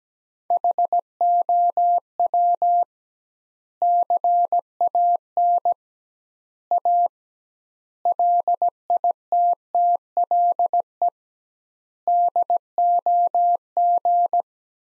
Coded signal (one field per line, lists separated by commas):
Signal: Morse code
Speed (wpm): 17 wpm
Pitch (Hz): 700 Hz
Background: none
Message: HOW CAN A LITTLE DOG